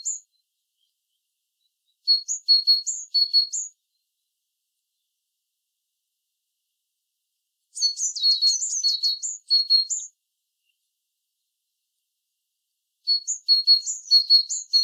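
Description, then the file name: Great tit song in three separate bursts of high two-note phrases, the middle burst denser and more tangled, with long quiet gaps between. "Parus major"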